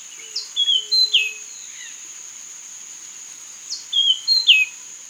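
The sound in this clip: Bird calls: two short groups of high whistled notes a few seconds apart, with a steady high whine throughout.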